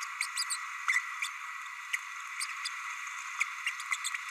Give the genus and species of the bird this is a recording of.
Forpus passerinus